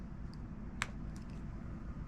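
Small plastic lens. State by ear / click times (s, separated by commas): released / 0.8 s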